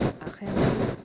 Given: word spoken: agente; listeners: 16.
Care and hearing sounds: one Spanish word in noise, from a listening test; noise modulated by one talker; -12.0 dB; 1 of 16; 7 of 16; 0.65 s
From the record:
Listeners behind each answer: 7, 3, 3, 1, 1, 1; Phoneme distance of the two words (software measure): 20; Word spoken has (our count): 3 syllables, 6 phonemes, stress on syllable 2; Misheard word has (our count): 3 syllables, 6 phonemes, stress on syllable 2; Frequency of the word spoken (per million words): 37.29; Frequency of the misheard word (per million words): 22.98

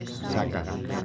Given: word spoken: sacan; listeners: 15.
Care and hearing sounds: one Spanish word in noise, from a listening test; eight-talker babble; -3.3 dB; 0 of 15; 11 of 15; 0.65 s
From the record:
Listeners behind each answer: 11, 1, 1, 1, 1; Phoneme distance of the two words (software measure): 7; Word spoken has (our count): 2 syllables, 5 phonemes, stress on syllable 1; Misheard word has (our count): 2 syllables, 4 phonemes, stress on syllable 1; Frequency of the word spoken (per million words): 7.34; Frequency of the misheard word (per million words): 27.26

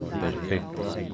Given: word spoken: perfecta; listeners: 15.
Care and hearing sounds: one Spanish word in noise, from a listening test; eight-talker babble; -0.7 dB; 2 of 15; 12 of 15; 0.74 s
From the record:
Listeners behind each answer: 12, 2, 1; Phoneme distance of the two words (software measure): 10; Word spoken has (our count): 3 syllables, 8 phonemes, stress on syllable 2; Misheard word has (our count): 3 syllables, 8 phonemes, stress on syllable 2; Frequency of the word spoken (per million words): 24.62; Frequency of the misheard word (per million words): 30.95

